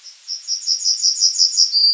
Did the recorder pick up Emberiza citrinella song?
yes